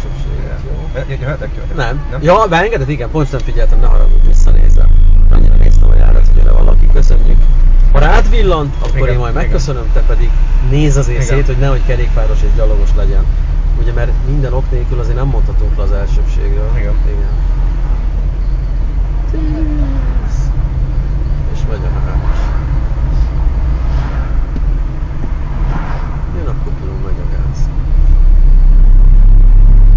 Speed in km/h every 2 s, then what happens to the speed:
5, 7, 9, 11, 16, 17, 19, 20, 21, 23, 27, 27, 26, 26, 28.
0-20 speeds up to 27. 20-30 steady at about 27.